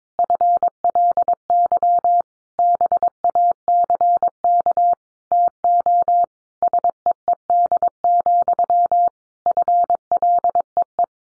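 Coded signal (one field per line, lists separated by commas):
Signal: Morse code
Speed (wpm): 22 wpm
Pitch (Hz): 700 Hz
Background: none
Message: FLY BACK TO SEED, FLEE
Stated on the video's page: Morse head-copy practice at 22 wpm, sentences sent in Morse, then spoken, then sent again.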